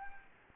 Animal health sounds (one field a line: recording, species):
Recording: mosquito wingbeat signal from an infrared sensor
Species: Anopheles gambiae